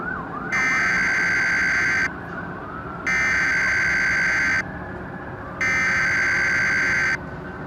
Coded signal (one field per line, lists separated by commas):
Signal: Emergency Alert System (SAME) tones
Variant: header bursts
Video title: EAS Scenario - Wrath of the Protogens